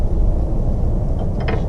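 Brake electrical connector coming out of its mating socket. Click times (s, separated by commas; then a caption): 1.5 s. A plastic electrical connector on the front brake assembly of a VW Beetle is unplugged from its mating socket over a steady low rumble. A sharp snap at 1.5 s is the plastic locking tab breaking, and the connector comes off.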